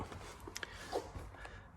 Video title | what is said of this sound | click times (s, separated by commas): How to replace Skoda pollen/ cabin filter Volkswagen Audi group | just going to line it up into the bottom locators and just push it in the top till you hear it click | 0.6 s